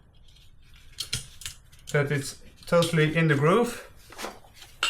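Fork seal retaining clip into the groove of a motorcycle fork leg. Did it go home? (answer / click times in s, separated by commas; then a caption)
yes / 4.8 s. A metal retaining clip is pressed into the groove above the fork seal in a DRZ motorcycle fork leg, where it keeps the seal from coming out. Light metallic clinks sound around 1.0–1.5 s while someone talks, then a sharp click at 4.8 s as the clip seats in the groove.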